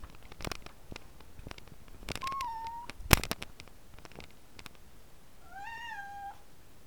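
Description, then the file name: Siberian cat giving two meows, the first slightly falling and the second longer and level, among scattered clicks and knocks. "Sibirskij Kot - Myaukane"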